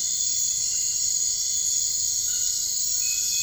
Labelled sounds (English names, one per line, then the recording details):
none
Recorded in dense forest near Puerto Asís, Putumayo, Colombia, on 13 March 2025 at 02:00
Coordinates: 0.485, -76.318
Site G056